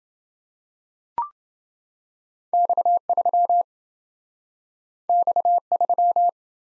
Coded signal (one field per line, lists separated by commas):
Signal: Morse code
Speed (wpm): 29 wpm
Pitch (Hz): 700 Hz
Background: none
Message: X3 X3